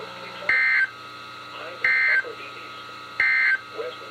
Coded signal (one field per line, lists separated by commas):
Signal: Emergency Alert System (SAME) tones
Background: speech